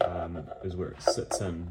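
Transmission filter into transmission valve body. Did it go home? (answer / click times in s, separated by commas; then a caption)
no / none. Someone talks while a new genuine automatic transmission filter, its O-ring lubed, is lined up with the notch and tab on the transmission valve body of a Mercedes S600 (W221). Only speech and faint handling are heard. Nothing has seated or clicked yet.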